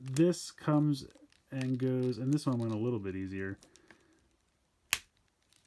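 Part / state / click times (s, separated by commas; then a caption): plastic limb section clipping into the body of a transforming action figure / seated / 4.9 s. Someone talks while a tight plastic limb section of a Transformers Kingdom Leader Class Megatron action figure is pushed down into the body during transformation. At 4.9 s it gives a single sharp snap, and the part seats in position, going in a little more easily this time.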